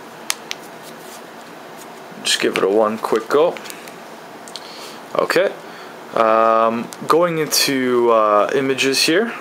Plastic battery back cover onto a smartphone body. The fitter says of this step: It's the bottom first, and then everything else just kind of snaps into place.